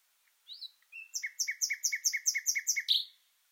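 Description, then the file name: Common nightingale song: a soft rising note and flat whistle, then a long series of loud identical chirps repeated steadily, ending with a harsh note. "Luscinia megarhynchos"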